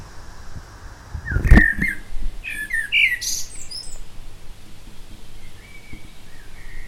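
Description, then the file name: Common blackbird song phrase: a fluted warble followed by a squeaky high twitter, after a sharp knock near the start, over steady low rumble. "Turdus merula"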